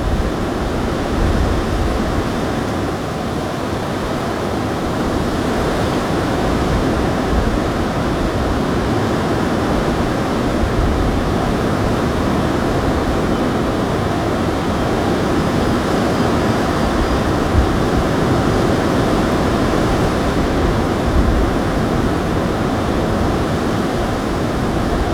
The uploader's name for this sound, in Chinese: 暴风雨中-岩石上的波浪和树木中的风交融在一起，引起了咆哮尼尔森公园澳大利亚